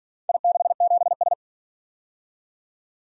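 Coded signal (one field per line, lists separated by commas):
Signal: Morse code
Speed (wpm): 47 wpm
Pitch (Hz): 700 Hz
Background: none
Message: I67S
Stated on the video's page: Morse practice of four letter-number combinations, starting fast and slowing to a 40 wpm base; fastest speed 1.5 times base, final repeat at maximum speed.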